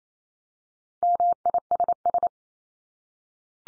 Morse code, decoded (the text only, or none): MISS